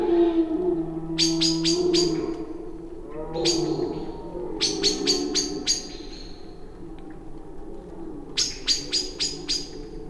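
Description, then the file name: Common blackbird calls: sharp, clicking chink notes in quick bursts of several, repeated a few times over low background noise. "Turdus merula"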